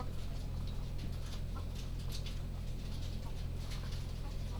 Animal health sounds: poultry house recording; sick chickens (respiratory disease)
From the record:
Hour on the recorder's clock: 22

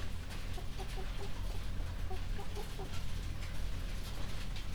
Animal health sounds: poultry house recording; healthy chickens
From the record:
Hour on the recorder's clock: 21

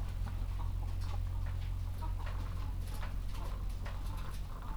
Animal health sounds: poultry house recording; sick chickens (respiratory disease)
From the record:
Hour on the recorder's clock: 14

